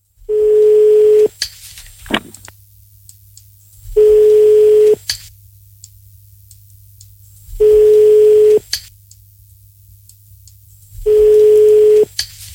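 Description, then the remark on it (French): A telephone ringing tone after redialing a caller's number for a live on-air call: four long, steady, low-pitched tones, each about a second, separated by regular pauses of a few seconds, with faint clicks and line hum between them. “On recompose le numéro de téléphone.”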